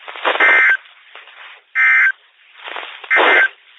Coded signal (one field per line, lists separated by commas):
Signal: Emergency Alert System (SAME) tones